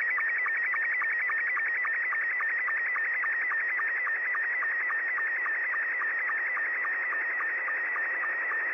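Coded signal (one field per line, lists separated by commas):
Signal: SSTV (slow-scan television)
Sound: warbling, chirpy tone with rapid regular clicks, steady for nine seconds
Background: radio static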